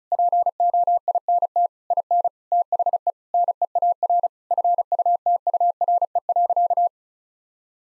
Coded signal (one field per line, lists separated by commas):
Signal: Morse code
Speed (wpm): 34 wpm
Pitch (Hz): 700 Hz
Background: none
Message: POINT IN THE NEAR FUTURE.